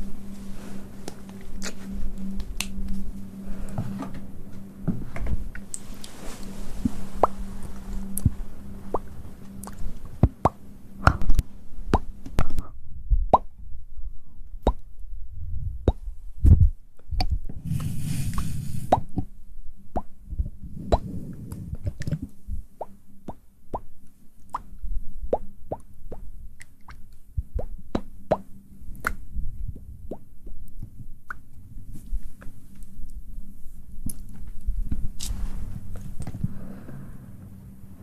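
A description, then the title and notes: Close mouth sounds: a steady run of wet clicks, pops and smacks, scattered irregularly throughout with several every second. A low steady hum sits underneath, and around 17 to 22 seconds there are softer, breathier smacking sounds with a brief hiss near 18 seconds. ASMR Close Mouth Sounds.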